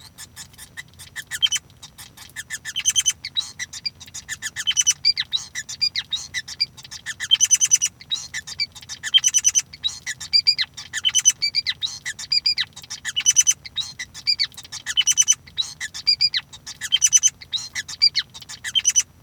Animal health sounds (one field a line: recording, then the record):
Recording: song of a male Bengalese finch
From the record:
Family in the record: son of father 5